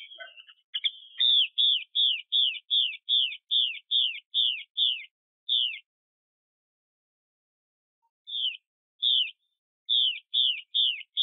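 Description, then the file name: Hwamei repeating clear, falling whistled notes in a steady series, breaking off for over two seconds before resuming the same pattern. Female bird. "Tieng chim hoa mi mai xuy"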